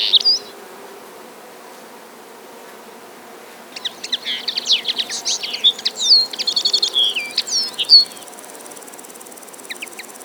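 Common linnet song: a brief note at the start, then about four seconds of fast, varied twittering with sweeping, slurred high notes and short buzzy trills, ending in scattered chirps.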